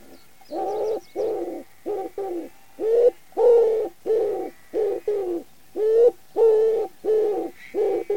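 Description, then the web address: Common wood pigeon cooing, low hollow coos in a steady run of about a dozen notes, roughly one every two thirds of a second. "cianscape. Deverinetal"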